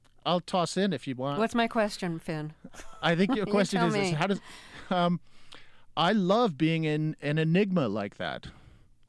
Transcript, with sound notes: I'll toss in if you want.
What's my question, Finn?
I think your question is...
(Laughter) You tell me.
...Is how - I love being an enigma like that.